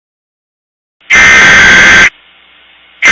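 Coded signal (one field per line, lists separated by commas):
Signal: Emergency Alert System (SAME) tones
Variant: header bursts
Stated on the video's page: Fictional EAS series episode.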